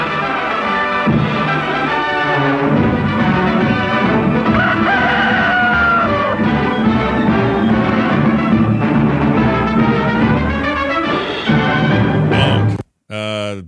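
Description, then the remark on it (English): A rooster crows over a loud, brassy orchestral fanfare of a Warner Brothers newsreel intro that plays continuously, ending with an abrupt cutoff and a short final burst of sound. “Kinda, and it had that like rooster sound and everything.”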